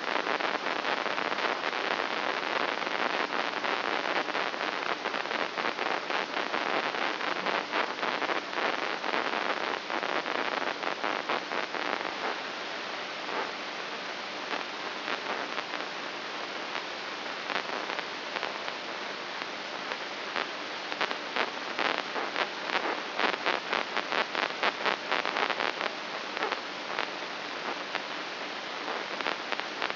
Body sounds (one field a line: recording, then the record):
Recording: brain microelectrode recording played as sound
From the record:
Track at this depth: inside the subthalamic nucleus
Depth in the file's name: 4.585 mm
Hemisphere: left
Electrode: 3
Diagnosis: Parkinson's disease